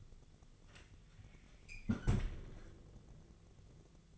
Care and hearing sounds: daily activity, microphone in the room; close fridge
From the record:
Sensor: 4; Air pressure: 1000.8 hPa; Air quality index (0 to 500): 136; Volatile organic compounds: 2 ppm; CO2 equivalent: 1012 ppm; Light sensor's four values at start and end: 23/56/23/25 and 27/65/27/28

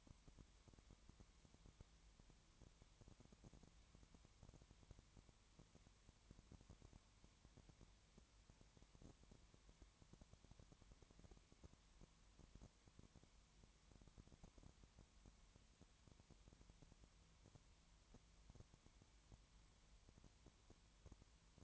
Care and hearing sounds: daily activity, microphone in the room; no activity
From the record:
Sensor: 3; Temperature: 20.5 degrees Celsius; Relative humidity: 32.9%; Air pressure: 1003.2 hPa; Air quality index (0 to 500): 105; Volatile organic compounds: 2 ppm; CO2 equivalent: 1071 ppm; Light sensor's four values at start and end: 2/3/2/2 and 2/3/2/2

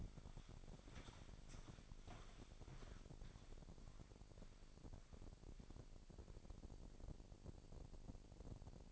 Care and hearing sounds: daily activity, microphone in the room; walk to room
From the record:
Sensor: 5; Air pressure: 1012.3 hPa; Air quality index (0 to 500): 237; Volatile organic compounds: 4 ppm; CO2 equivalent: 1574 ppm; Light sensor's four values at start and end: 57/132/56/59 and 59/138/57/61

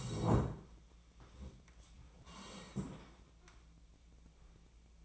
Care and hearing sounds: daily activity, microphone in the room; sit down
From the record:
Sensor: 1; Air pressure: 1012.3 hPa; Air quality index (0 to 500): 170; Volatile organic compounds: 3 ppm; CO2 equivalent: 1399 ppm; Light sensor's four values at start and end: 48/128/53/65 and 48/128/53/64

